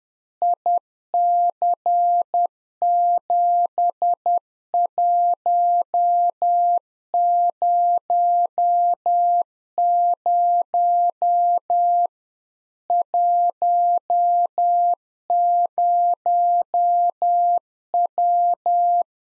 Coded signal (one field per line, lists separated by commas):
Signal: Morse code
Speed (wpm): 10 wpm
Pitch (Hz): 700 Hz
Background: none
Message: IC7100 10W